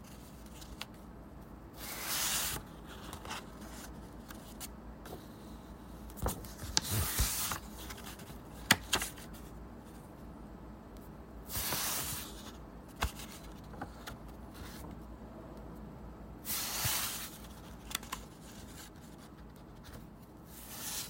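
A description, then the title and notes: Pages are flipped one at a time, each turn a brief papery swish arriving about every five seconds, near 2, 7, 12 and 17 seconds. Small soft taps and rustles fall between turns over a quiet, low hum. Flip Pages.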